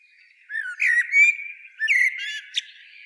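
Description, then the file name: Common blackbird uttering rough, squawking notes in two quick bursts over a constant high-pitched background. "Turdus merula"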